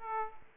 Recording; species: mosquito wingbeat signal from an infrared sensor; Aedes aegypti